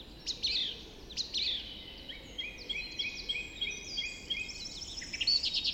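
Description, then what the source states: Dawn chorus of several birds, opening with two loud sweeping calls, then layered sustained whistles and warbling phrases from many singers together. Dawn chorus recorded just after dawn in the Forest of Dean.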